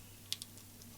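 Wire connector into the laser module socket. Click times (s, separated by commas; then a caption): 0.3 s. During assembly of a ComGo Z1 10W laser cutter engraver, the plastic connector on the two routed wires is clipped down into the laser module socket. A sharp, short click at 0.3 s, followed by a softer click at 0.4 s and a faint tick near 1.0 s, all over a steady low hum. The connector is seated.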